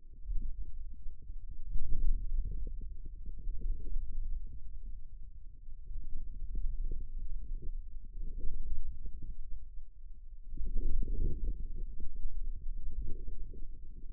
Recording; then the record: forearm muscle sounds (acoustic myography)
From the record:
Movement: wrist flexion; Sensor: system 2, bracelet of six BSWA MPA416 microphones around the upper forearm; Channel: 2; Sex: male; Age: 22 years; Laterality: right